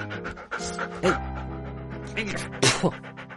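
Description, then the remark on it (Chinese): A dog named Lu Xiaodao, who loves water, pants eagerly and lets out a few short, excited yips and whimpers while being given a bath, with louder bursts near the start and end, over a steady musical tone in the background. “孟昭还没给狗洗完澡，他自己身上的衣裳几乎就全都湿透了。”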